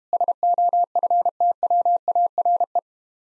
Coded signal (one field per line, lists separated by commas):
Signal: Morse code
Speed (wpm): 32 wpm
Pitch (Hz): 700 Hz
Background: none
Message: SOFTWARE